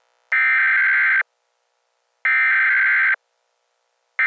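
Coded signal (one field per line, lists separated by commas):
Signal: Emergency Alert System (SAME) tones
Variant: header bursts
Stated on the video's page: Fictional EAS scenario.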